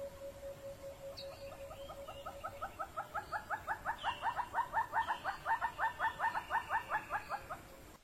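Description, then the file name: Monteiro's hornbill starting with a steady tone, then breaking into a rhythmic series of clucking notes that grows louder. "Canto do calaus de monteiros"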